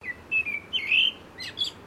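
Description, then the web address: Blackbird calls: thin, high, drawn-out whistled notes, one swelling and slightly rising, followed by a couple of brief higher notes, over a low steady background hiss. "Sound Effects-Foundation 1 BIRD BLACKBIRD CALL"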